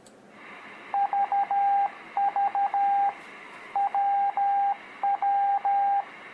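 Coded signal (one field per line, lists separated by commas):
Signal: Morse code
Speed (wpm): 13 wpm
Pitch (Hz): 800 Hz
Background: radio noise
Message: VV WW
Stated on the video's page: Beginner Morse practice of letters U, V and W for kids.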